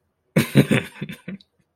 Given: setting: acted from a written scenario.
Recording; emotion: vocal sound without words; amusement